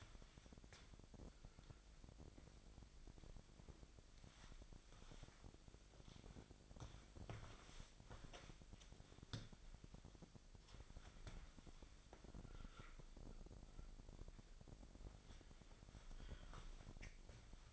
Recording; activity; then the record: daily activity, microphone in the room; wipe stove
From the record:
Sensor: 5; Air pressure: 1001.7 hPa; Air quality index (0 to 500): 176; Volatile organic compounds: 10 ppm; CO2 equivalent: 2258 ppm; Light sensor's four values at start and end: 22/77/29/30 and 23/77/29/30